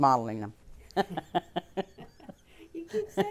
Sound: they laugh

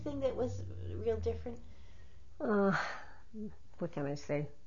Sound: sighs

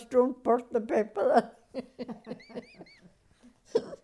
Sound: she laughs

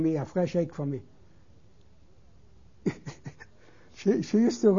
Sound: he laughs

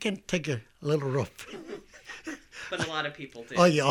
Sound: he laughs

